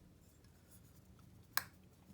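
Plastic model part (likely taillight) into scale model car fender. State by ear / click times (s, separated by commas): seated / 1.6 s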